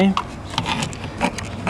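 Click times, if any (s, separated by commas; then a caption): 0.6 s. An interior door handle part is slid into the door panel of a 1989 Chevy truck and pressed home, clicking in at 0.6 s to show it is all in there. Someone talks over the short, light rattling and tapping. The part is seated.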